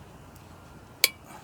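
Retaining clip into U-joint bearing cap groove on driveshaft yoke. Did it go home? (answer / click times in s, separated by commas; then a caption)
yes / 1.0 s. A steel retaining clip is pushed into the groove of a U-joint bearing cup on the driveshaft yoke of a 1998 Toyota Tacoma 2WD. Against a quiet background, a single sharp metallic snap rings out at 1.0 seconds, and the clip seats home.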